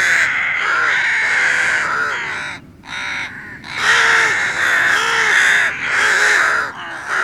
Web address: Rook